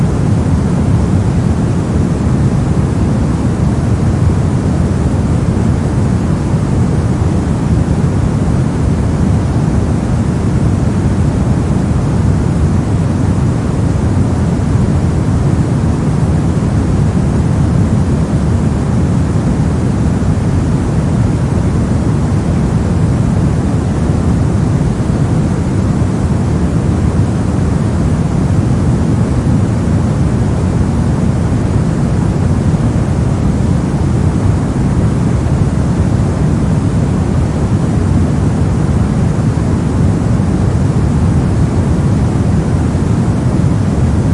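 Soft, steady noise that hums like a constant background rush, weighted toward the low end with a muffled, rumbling body and a duller, quieter top. It never changes in level or character, resembling the drone of an engine or aircraft cabin.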